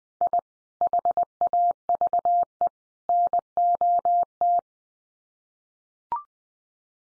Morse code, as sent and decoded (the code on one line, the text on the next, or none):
.. / .... .- ...- . / -. --- -
I HAVE NOT